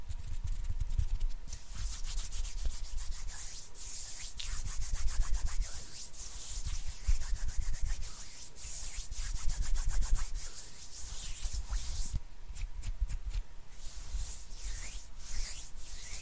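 Hands rub together hard and steadily for the whole stretch, a dense, bright, scratchy friction like sandpaper on wood. The strokes come in quick bursts with brief lulls around four, eight and twelve seconds, over a constant low rumble and a faint steady tone.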